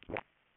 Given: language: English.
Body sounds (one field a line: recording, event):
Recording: throat vibration sensor signal played as sound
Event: swallow